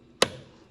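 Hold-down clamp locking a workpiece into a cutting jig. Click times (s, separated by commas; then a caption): 0.2 s. A wooden part is set flat against a cutting jig and pushed to the stop block, then the jig's hold-down clamp is locked over it. A single sharp click sounds at 0.2 seconds with a brief decaying ring, confirming the clamp has locked the workpiece in place.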